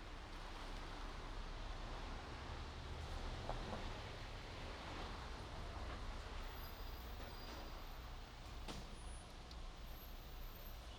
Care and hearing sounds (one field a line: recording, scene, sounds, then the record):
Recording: everyday scene through a hearing-aid microphone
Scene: in traffic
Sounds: traffic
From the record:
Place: main road on the outskirts, rush hour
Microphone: in the ear canal, right